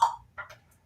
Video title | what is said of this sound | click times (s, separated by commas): Bob & Brad Products - Questions & Answers | and you can pop right back in again so | 0.0 s